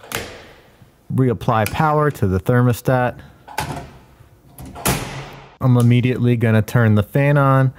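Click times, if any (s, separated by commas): 0.2 s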